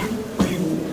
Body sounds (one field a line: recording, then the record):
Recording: coughing mixed with background sound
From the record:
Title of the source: Spring Allergy Coughing